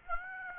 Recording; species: mosquito wingbeat signal from an infrared sensor; Aedes aegypti